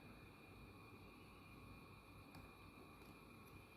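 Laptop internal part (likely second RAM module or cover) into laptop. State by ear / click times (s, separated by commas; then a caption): not seated / none. Inside an HP Pavilion gaming laptop, model CX, after a RAM module has been installed, a part is brought back and lined up in the laptop before being pushed in. Only a steady low hiss and faint handling sounds are heard, with brief light ticks near 2.3 s and 3.5 s. Nothing has clicked into place yet.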